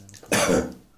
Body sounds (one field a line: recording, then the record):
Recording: coughing mixed with background sound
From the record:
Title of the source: Spring Cold Coughing 3